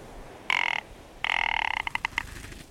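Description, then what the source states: Rock Ptarmigan giving harsh, rattling croaks: a short burst, then a longer grating rattle that breaks into a few separate clicks at the end. On Attu, at the western end of Alaska's Aleutian chain; tundra.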